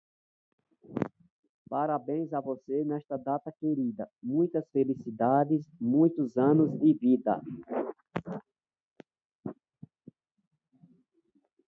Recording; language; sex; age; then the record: short text; Brazilian Portuguese; male; 40 to 49 years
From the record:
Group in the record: control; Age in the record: 45 years